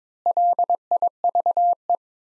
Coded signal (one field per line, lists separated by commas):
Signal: Morse code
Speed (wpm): 22 wpm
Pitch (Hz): 700 Hz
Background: none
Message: LIVE